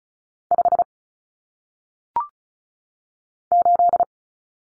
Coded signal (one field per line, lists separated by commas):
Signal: Morse code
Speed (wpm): 36 wpm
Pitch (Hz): 700 Hz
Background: none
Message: 5 8